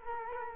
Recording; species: mosquito wingbeat signal from an infrared sensor; Culex quinquefasciatus